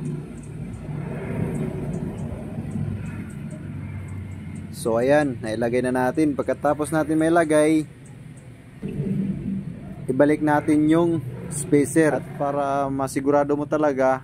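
A spacer for a vehicle assembly is handled and lined up before being pushed back into place, over a steady low rumble with no hits or knocks. Someone talks from about 4.8 to 7.8 seconds and again from about 10 seconds to the end. Nothing has seated or clicked yet.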